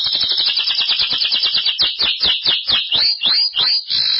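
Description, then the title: Belgian canary song: continuous fast trilling that slows into distinct sweeping whistled notes in the second half. "Canario Belga"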